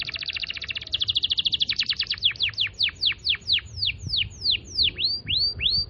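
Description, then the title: Canary song opening with a rapid rattling trill that slows into a series of loud, evenly spaced downslurred whistles. Canary song in the cengkok mewah song pattern. "Cengkok Kenari Mewah. Suara kenari cengkok mewah"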